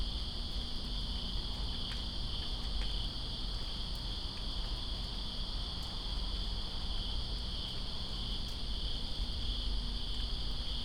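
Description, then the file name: Cricket chorus holding an unbroken high-pitched shimmering trill throughout, with rain hissing and rumbling beneath and scattered ticks of falling drops. Crickets recorded in Greensboro on September 2, 2017, during rain. "Greensboro Crickets And Rain September 02 2017"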